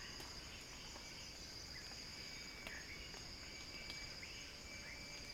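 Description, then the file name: Cicada buzzing, a level shrill drone with a few brief bird chirps and ticks mixed in. Cicada song described as a crescendo. "earth-fm Axel-Drioli Cicada-Crescendo-Sounding-Wild"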